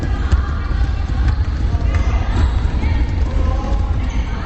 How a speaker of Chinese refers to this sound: 寸土寸金的长安街沿线， 有着全市规模最大的体育场馆东单体育中心。你听，篮球场上战斗震撼。